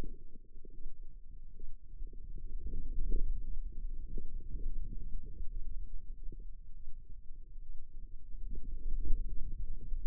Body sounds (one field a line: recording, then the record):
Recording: forearm muscle sounds (acoustic myography)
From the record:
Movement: radial deviation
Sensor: system 2, bracelet of six BSWA MPA416 microphones around the upper forearm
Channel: 2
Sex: female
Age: 25 years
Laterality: right